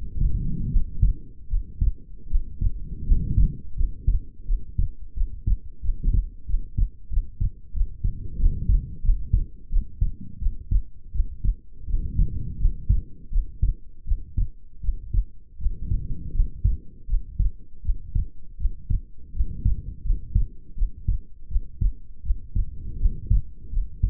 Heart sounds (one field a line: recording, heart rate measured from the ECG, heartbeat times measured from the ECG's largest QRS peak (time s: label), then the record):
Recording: heart sounds by stethoscope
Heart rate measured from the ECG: 83 bpm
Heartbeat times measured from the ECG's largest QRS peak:
0.69 s: heartbeat
1.48 s: heartbeat
2.27 s: heartbeat
3.04 s: heartbeat
3.75 s: heartbeat
4.45 s: heartbeat
5.13 s: heartbeat
5.81 s: heartbeat
6.46 s: heartbeat
7.09 s: heartbeat
7.73 s: heartbeat
8.37 s: heartbeat
9.02 s: heartbeat
9.69 s: heartbeat
10.38 s: heartbeat
11.11 s: heartbeat
11.86 s: heartbeat
12.58 s: heartbeat
13.30 s: heartbeat
14.04 s: heartbeat
14.80 s: heartbeat
15.58 s: heartbeat
16.32 s: heartbeat
17.06 s: heartbeat
17.82 s: heartbeat
18.57 s: heartbeat
19.32 s: heartbeat
20.03 s: heartbeat
20.75 s: heartbeat
21.48 s: heartbeat
22.22 s: heartbeat
22.98 s: heartbeat
23.70 s: heartbeat
From the record:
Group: healthy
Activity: rest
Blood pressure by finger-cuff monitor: 114/73 mmHg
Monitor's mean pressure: 88 mmHg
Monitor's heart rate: 81 bpm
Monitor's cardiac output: 6.9 L/min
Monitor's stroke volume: 84 mL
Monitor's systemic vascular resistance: 950 dyn s/cm5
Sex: female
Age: 22 years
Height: 160 cm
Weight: 45 kg